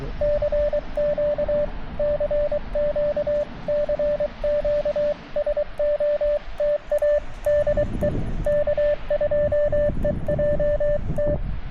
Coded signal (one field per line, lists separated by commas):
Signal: Morse code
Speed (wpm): 23 wpm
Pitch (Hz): 590 Hz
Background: radio noise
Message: CQ CQ CQ SOTA DE K2EJT